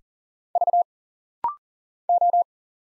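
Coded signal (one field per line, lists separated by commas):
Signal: Morse code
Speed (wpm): 40 wpm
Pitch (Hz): 700 Hz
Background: none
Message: V O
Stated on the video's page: Rapid-fire 40wpm Morse practice of single letters, numbers, punctuation and prosigns, sent, spoken, then sent again for instant character recognition drill.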